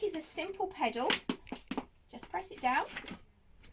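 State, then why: Not seated. Someone talks while the brake pedal on the rear-wheel chassis of a 2021 Bebecar V Cross Pack Sport pushchair is handled, about to be pressed down by foot. A few short, sharp taps sound in the middle of the speech. Nothing has seated or clicked on yet by the end.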